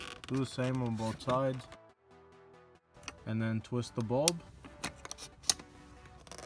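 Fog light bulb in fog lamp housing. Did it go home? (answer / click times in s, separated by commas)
released / 5.5 s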